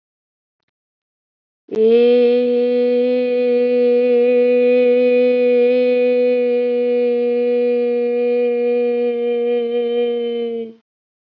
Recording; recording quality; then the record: sustained vowel as in made; excellent, no background noise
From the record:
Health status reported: COVID-19 positive, no symptoms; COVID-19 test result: positive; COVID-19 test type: RT-PCR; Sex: female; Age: 25 years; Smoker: no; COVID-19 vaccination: both doses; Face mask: not worn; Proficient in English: yes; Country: India